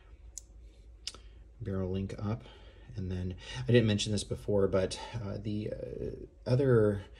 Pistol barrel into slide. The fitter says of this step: the slide, and then that will kind of click in place.